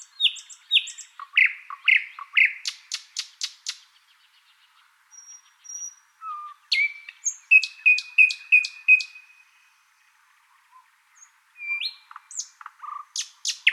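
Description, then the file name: Thrush nightingale song: a few slurred notes and a clicking series, a quiet spell, then a fast repeated run of notes and scattered sharp calls. "British Library - Thrush Nightingale Luscinia luscinia"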